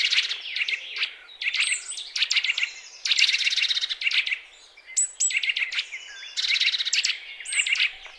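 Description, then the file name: Eurasian nuthatch giving clipped paired call notes in bursts, mixed with high sweeping whistles and chatter throughout. "Sitta europaea"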